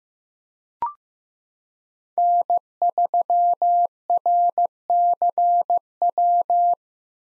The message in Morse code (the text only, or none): N3RCW